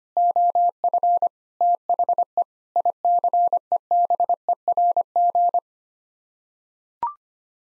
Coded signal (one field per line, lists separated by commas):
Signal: Morse code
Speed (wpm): 25 wpm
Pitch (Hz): 700 Hz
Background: none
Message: OF THE ICEBERG